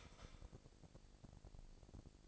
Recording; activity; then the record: daily activity, microphone in the room; start toaster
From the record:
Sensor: 5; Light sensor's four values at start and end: 25/57/23/24 and 25/58/24/24